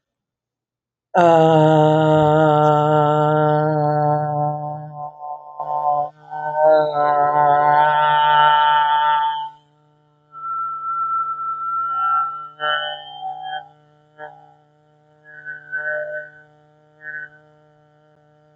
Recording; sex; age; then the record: vowel held as long as possible; female; 30 to 39 years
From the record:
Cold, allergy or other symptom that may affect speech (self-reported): no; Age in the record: 37 years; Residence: South Dakota, United States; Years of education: 15